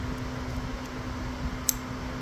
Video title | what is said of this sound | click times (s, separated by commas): 2014 Passat TDI, Valve Cover Gasket Replacement | you hear that little click that means it's unlocked now so now you can just | 1.7 s